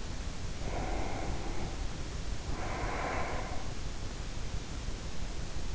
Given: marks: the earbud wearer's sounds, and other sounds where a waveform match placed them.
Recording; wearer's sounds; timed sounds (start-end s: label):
sounds in sleep by an in-ear microphone; breath
0.51-4.03 s: breath